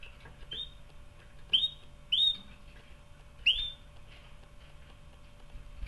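Canary repeating bright rising chirps, four in about three seconds, over quiet low hum.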